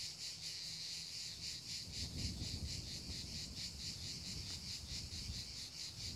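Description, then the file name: Cricket chirping, a continuous high pulsed trill, with some low rumbling noise underneath in the middle. Recorded in the mountains. "Cricket Sounds From Mountains"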